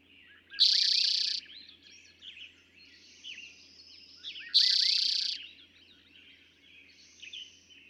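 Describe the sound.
Eastern towhee with two loud, quick trills about four seconds apart, with quieter chirps and whistles between them.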